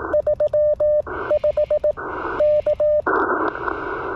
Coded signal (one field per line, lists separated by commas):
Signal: Morse code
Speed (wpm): 19 wpm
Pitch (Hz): 600 Hz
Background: radio noise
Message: 3 5 K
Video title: Remembrance Day Contest 2022 - CW Single-operator (not QRP)